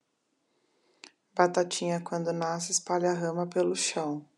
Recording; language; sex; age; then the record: short text; Brazilian Portuguese; female; 40 to 49 years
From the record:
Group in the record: control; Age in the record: 43 years